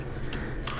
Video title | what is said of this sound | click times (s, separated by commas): Transformers Review of: DOTM SHOCKWAVE! | as you can see locks into place | 0.7 s